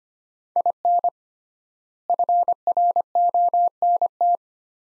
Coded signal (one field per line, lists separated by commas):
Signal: Morse code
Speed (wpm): 25 wpm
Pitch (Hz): 700 Hz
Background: none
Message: IN FRONT